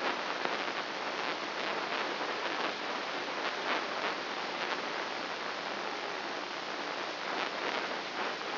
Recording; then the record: brain microelectrode recording played as sound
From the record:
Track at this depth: outside the subthalamic nucleus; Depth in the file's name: 1.206 mm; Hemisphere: right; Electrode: 2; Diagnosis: Parkinson's disease